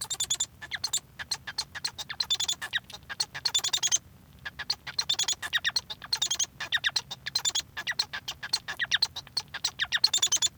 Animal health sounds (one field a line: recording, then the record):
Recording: song of a male Bengalese finch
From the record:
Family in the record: son of father 1